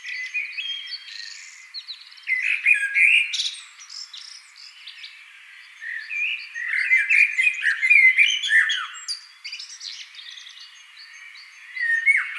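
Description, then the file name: Common blackbird song, bursts of warbled whistles and twittery high notes, quieter stretches between louder phrases. "Turdus merula"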